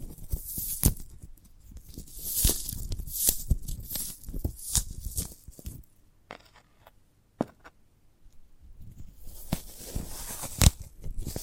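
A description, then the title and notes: ASMR sounds of handling a sprouted coconut: dry scratching, tearing and tapping noises in irregular bursts, with sharp crisp clicks near 1, 2.5 and 10.5 seconds. A quieter stretch with only sparse taps falls around 6 to 8 seconds before the rustling returns. ASMR of a Sprouted Coconut (No Talking).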